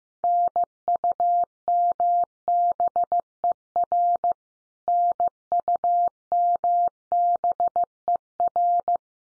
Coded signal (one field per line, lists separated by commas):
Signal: Morse code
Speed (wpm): 15 wpm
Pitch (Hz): 700 Hz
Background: none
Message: NUMBER NUMBER